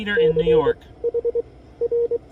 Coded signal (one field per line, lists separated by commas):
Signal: Morse code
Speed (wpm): 25 wpm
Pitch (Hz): 500 Hz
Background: speech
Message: CHR